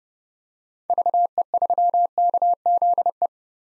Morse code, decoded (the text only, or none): VE3KZE